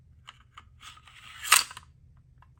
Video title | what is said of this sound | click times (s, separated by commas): How to take apart a Sig P226 9MM pistol! | slide back lock into place | 1.5 s